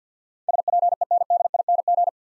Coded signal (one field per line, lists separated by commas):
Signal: Morse code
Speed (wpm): 48 wpm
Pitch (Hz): 700 Hz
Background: none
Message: SPENDING